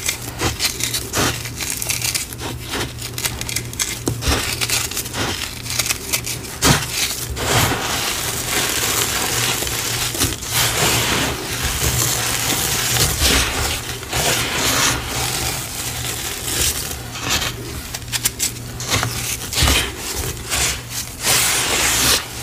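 Cornstarch and gym chalk powder are worked by hand, giving a dense, continuous crunching and crackling with sharp snaps scattered throughout. The texture is bright and gritty, with busier bursts around the middle, while a steady low hum runs underneath.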